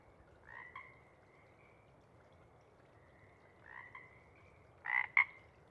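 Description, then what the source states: Pacific chorus frog calls, a few two-part ribbits spaced a few seconds apart, the last one louder. Sparse chorus before dawn as first light appears; most of the group has gone back to burrow and sleep, a few individuals still calling to attract a mate.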